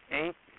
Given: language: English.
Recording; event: throat vibration sensor signal played as sound; speech